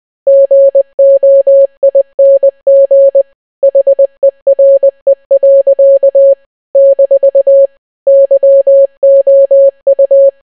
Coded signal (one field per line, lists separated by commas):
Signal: Morse code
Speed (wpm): 20 wpm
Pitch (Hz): 550 Hz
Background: none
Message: GOING HERE. - YOU